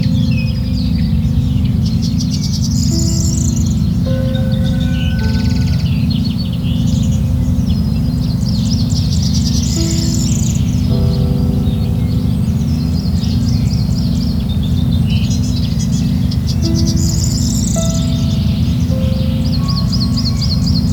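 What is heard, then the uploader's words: Nature sounds with piano: a soft piano line plays slow, sustained notes while birds chirp and trill high above throughout. A heavy, steady low rumble fills the bottom constantly, and the overall level stays even for the whole stretch. Relaxing Nature Sounds with Piano.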